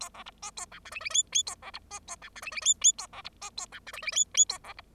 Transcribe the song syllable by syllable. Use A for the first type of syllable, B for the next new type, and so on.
A B C D A E F G G H H A B C D A E F G G H H A B C D A E F G G H H A B C